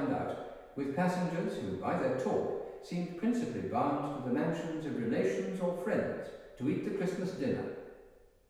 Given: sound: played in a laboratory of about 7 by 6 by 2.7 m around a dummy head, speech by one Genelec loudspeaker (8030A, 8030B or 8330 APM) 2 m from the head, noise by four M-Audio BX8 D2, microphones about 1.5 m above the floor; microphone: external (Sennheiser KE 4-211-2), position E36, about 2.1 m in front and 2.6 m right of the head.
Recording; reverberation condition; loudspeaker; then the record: male speech in English; high; 150 degrees to the left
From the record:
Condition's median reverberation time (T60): about 1300 ms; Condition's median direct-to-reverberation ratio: about -4.0 dB